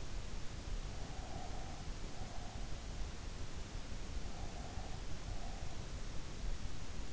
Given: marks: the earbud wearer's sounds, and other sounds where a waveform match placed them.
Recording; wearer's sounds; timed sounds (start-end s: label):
sounds in sleep by an in-ear microphone; breath
0.88-2.80 s: breath
3.92-6.03 s: breath